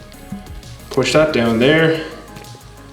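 A male bullet terminal on the red indicator wire of a Kawasaki Z900RS turn signal is being handled for pushing into its female receptacle, with brief handling noises near 0.1 s and 0.6 s while someone talks. Nothing has seated or clicked yet; the connector has not snapped closed.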